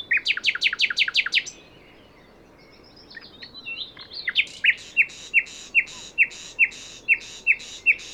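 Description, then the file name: Common nightingale song: a fast series of loud downslurred notes, a short break, then a steady, evenly spaced series of crisp repeated notes. "Luscinia megarhynchos"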